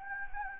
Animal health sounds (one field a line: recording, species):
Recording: mosquito wingbeat signal from an infrared sensor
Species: Anopheles gambiae